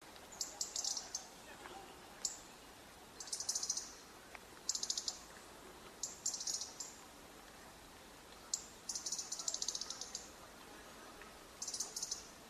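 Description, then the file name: European robin: short bursts of very high, thin, rapid scratchy notes separated by short pauses, over quiet background noise. "Erithacus rubecula"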